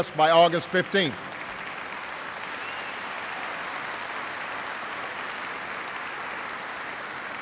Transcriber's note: applause